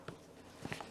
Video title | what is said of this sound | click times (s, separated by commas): GRACO 4EVER SEAT COVER REMOVAL | from when it comes out pop right there and you just slide that up | 0.7 s